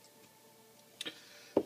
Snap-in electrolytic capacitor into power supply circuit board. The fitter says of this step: they have the same lead spacing and length so they just snap into place